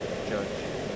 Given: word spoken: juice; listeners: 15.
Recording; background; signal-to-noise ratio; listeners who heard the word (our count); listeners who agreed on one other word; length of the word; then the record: one English word in noise, from a listening test; speech-shaped noise; -4.0 dB; 0 of 15; 13 of 15; 0.56 s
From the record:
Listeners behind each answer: 13, 2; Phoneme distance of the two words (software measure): 20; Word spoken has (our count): 1 syllable, 3 phonemes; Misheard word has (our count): 1 syllable, 3 phonemes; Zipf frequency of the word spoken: 4.44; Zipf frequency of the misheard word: 4.69